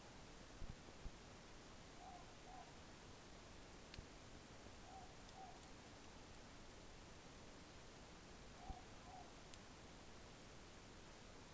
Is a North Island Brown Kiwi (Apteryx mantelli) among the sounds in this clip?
no